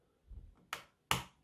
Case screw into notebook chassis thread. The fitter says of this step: you hear that I will do it once again for you guys click